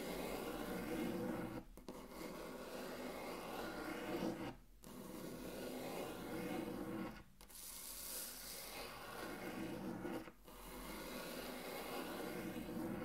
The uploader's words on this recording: Intense Table Tracing (No Talking).